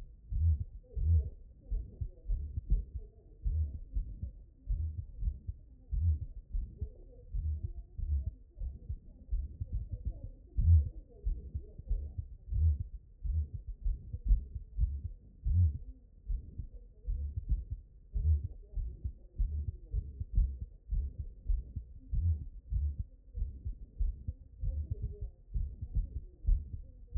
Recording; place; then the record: heart sounds by stethoscope; mitral valve (MV)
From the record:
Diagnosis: non-HFrEF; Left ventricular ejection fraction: 49%